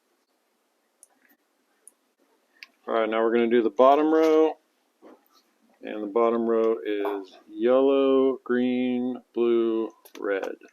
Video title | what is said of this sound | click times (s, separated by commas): TALARIA XXX MOTOR ENCODER INSTALL | And you'll hear it just click into place. | 1.0 s, 1.9 s